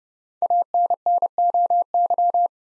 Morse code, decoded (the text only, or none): ANNOY